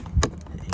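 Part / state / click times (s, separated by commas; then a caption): window switch module into door trim panel / seated / 0.2 s, 0.7 s. A right front window switch module for a 2022 Tesla Model Y is worked into the slots of the plastic door trim panel opening until it clicks home. A sharp click sounds at 0.2 s and another at 0.7 s over low handling noise, and the switch is seated in the door panel.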